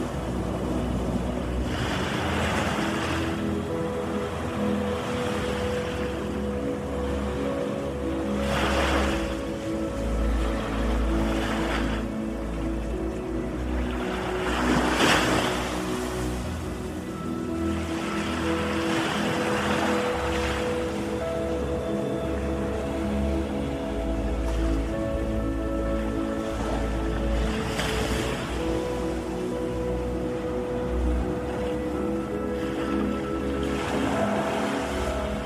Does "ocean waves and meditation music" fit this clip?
yes